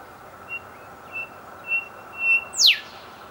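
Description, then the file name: Golden whistler song: a string of pure whistled notes on one pitch, each longer and louder than the last, ending in a sharp, loud downward whipcrack; quiet steady background hum. Calling bird in the Meehan Range. "Pachycephala pectoralis calling - Meehan Range"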